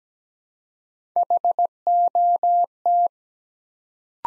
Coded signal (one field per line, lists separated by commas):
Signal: Morse code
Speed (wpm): 17 wpm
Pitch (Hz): 700 Hz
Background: none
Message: HOT